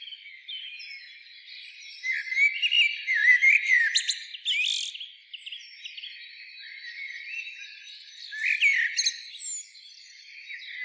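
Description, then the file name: Common blackbird sings a varied flowing phrase of low whistles and squeaky high notes, pauses, then gives another shorter warbled phrase. "Turdus merula"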